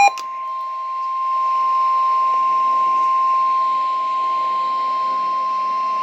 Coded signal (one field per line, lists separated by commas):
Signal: Emergency Alert System (SAME) tones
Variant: 1050 Hz attention tone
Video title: Double Header Severe Thunderstorm Warning. Columbia, SC 05/22/2020. EAS#51-52